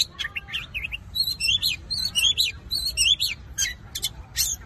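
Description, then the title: Long-tailed shrike song: varied phrases of thin whistles, slurred squeaks and scratchy notes, changing from one phrase to the next. Combination song. "Cendet Kombinasi"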